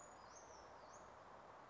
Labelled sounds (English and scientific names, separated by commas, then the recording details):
Western Flycatcher (Empidonax difficilis)
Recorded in Sonoma County, California